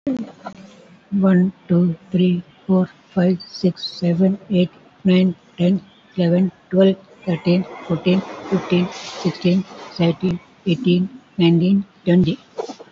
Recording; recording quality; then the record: counting at a fast pace; excellent, no background noise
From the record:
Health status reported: COVID-19 positive, mild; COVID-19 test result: positive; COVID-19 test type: RT-PCR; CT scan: taken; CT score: 5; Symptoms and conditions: cough, breathing difficulty, sore throat, fatigue, muscle pain, loss of smell and taste, hypertension, another condition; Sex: female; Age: 75 years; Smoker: no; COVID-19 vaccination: both doses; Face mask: not worn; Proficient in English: yes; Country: India